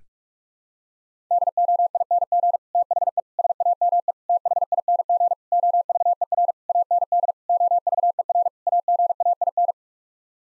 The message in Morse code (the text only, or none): DOING THE SAME THING OVER AND OVER AGAIN